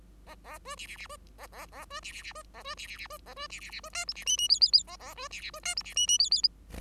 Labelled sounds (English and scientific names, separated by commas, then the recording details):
Bengalese Finch (Lonchura striata domestica) song
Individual Bird5